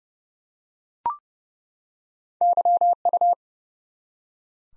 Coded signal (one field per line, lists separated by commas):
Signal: Morse code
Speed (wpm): 30 wpm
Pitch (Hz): 700 Hz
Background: none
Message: YU